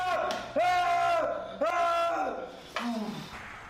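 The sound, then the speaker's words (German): People shouting loudly: two long, sustained yells with a strained, rising-then-falling pitch, followed by a shorter, lower cry. “Ich höre Geschrei.”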